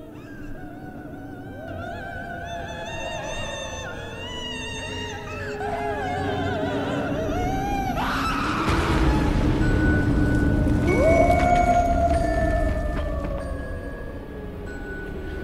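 Eerie ghostly wailing and screaming of wronged spirits echoing across a riverbank, several overlapping high cries that slide up and down in pitch, swelling louder toward the middle with a sharp shrieking burst before slowly fading, with no talking.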